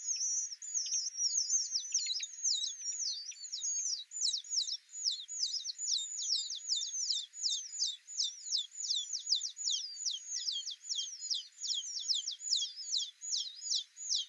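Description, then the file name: Alpine accentor singing a long, high-pitched rippling trill of quick, repeated twittering notes, steady and unbroken throughout. Recorded at Norikura on 24 August 2021. "iwahibarin 210824 norikura kuroda"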